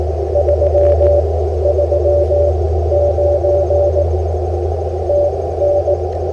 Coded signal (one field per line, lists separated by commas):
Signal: Morse code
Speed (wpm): 16 wpm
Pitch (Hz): 580 Hz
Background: none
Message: 339 TN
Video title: Fall 2025 CW QRP Setup